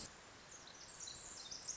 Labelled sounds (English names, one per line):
Pacific Wren